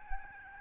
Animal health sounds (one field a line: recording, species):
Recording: mosquito wingbeat signal from an infrared sensor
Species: Aedes albopictus